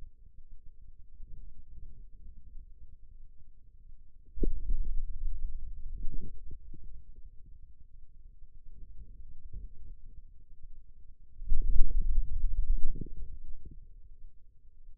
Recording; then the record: forearm muscle sounds (acoustic myography)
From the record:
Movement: hand closing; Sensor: system 2, bracelet of six BSWA MPA416 microphones around the upper forearm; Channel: 1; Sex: male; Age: 22 years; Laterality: right